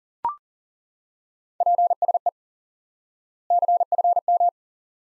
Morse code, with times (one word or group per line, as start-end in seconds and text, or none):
1.6-2.3 PSE
3.5-4.5 CFM